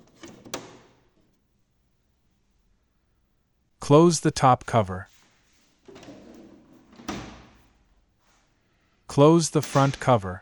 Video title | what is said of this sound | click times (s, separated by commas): HP Envy Inspire printers – Replace Cartridges HP 64/303/804 | Lắp hộp mực mới vào khe cắm và đẩy về phía trước cho đến khi khớp vào vị trí. | 0.5 s